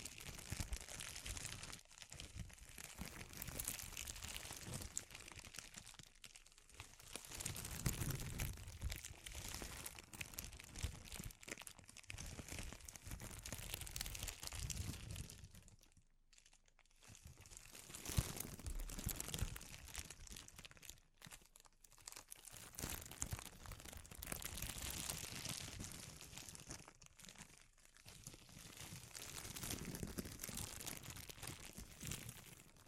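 Dense, continuous crinkling with crunchy bursts throughout, swelling and easing in waves, with brief near-silent gaps around 16 and 21 seconds.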